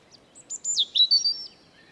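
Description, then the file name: European robin delivering a brief high sliding whistle run into a thin, level trill, in a quiet setting. "Erithacus rubecula"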